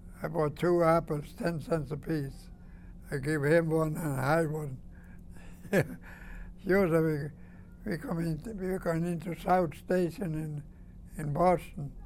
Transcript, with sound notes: I bought two apples, ten cents apiece. I gave him one and I had one. (he laughs) We come in, we come into South Station in, in Boston